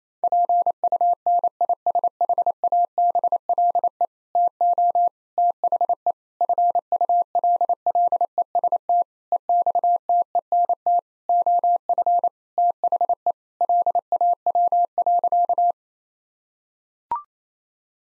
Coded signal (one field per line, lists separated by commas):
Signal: Morse code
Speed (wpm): 28 wpm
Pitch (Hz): 700 Hz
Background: none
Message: PUNISHABLE TO THE FULLEST EXTENT OF THE LAW.